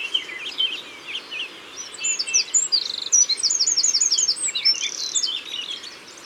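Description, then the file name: Eurasian wren pouring out a hurried, high-pitched song with a sharp trill in the middle, among many overlapping bird calls. Recorded in Isère. "Troglodyte-mignon Isere Studio-Les-Trois-Becs"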